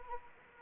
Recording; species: mosquito wingbeat signal from an infrared sensor; Anopheles arabiensis